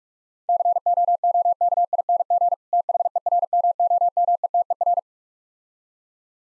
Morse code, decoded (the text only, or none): COOKING THERMOMETER